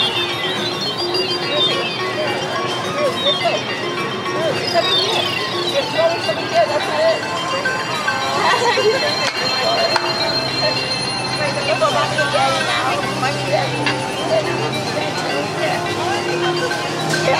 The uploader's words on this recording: Disneyland - Tomorrowland (Partial). This is a partial clip of Disneyland’s Tomorrowland Background Music. From the former Cosmic Waves area on a bench facing The Observatron.